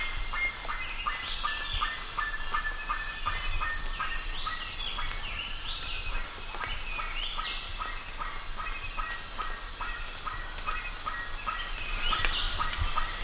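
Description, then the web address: Bird calls, repeated short harmonic notes with rising whistles, while bursts of high hissing noise come and go in the background. "BIRD 2015 SABIOD 50 bird 2015"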